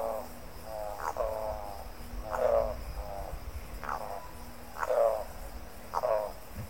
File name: canto da aracaripoca grande